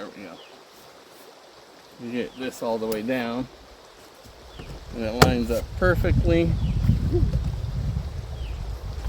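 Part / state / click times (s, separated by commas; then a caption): folding camp table panel or leg into its frame / not seated / none. A panel or leg of a folding camp table is being handled and pushed all the way down into its frame, lining up, while someone talks over quiet outdoor background noise. There is a brief sharp tick near 5.2 s, but nothing has seated or clicked yet.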